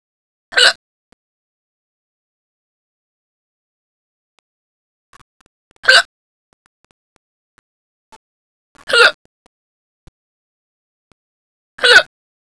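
Four brief, sharp gulping bursts from an adult, spaced about three to six seconds apart, roughly 20 a minute, with quiet in between. These are hiccups: abrupt involuntary catches of breath, each cut off by sudden closure of the throat.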